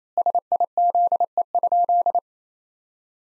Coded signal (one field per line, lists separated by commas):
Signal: Morse code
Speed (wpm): 27 wpm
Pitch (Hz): 700 Hz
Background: none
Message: SIZE?